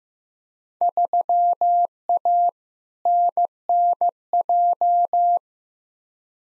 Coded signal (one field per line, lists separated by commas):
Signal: Morse code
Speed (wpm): 15 wpm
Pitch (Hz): 700 Hz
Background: none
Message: 3A NNJ